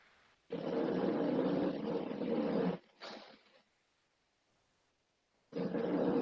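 A rough, rattling breath noise lasts about two seconds, followed by a short snort and a quiet pause before the next one begins. This is the steady snoring of a dog asleep while lying at its owner's feet, worn out, at about a dozen breaths a minute.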